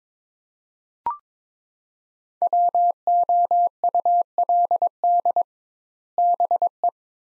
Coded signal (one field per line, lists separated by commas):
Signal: Morse code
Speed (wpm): 22 wpm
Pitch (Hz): 700 Hz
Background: none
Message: WOULD BE